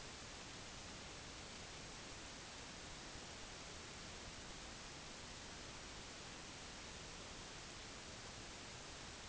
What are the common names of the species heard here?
none